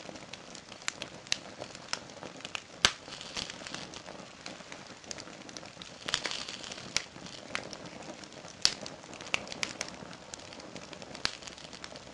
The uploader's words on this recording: The crackling, flickering firelight. The crackling and popping of the flames.